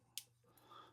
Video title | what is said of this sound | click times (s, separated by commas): EDC Gift Guide For Every Occasion! | and you can just take it and it's kind of a Clos Ripper if you want um it's locks into place too | 0.2 s